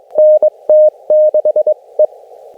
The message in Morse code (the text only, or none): NT6E